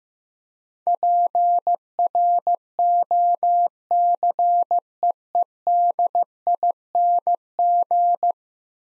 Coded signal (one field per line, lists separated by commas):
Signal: Morse code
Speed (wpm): 15 wpm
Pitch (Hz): 700 Hz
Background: none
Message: PROCEEDING